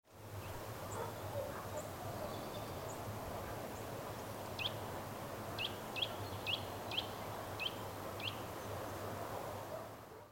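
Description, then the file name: Eurasian nuthatch calls: a run of short, sharp, downslurred notes, given one after another over a few seconds, over a steady rumble of background noise. "Sitta europaea"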